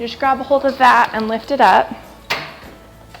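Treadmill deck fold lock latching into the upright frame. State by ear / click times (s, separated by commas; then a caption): seated / 3.2 s. Someone talks while the deck of a Sole F63 treadmill is lifted by the bar at its base into the folded upright position, with a hydraulic under the deck helping it rise. A single click at 3.2 s is the fold latch engaging in the upright frame, and the deck locks into place.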